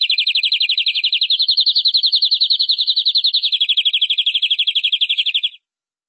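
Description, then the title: Canary song as one long, fast, rattling trill of high notes, sliding slightly up then down, lasting over five seconds before stopping. "Suara Kenari"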